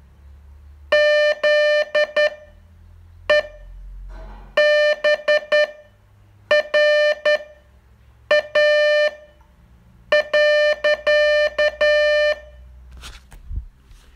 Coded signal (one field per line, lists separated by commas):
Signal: Morse code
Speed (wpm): 10 wpm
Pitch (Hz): 600 Hz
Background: none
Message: ZEBRA.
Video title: Learn Morse in 42 Days from VU2LAU - day 38 test2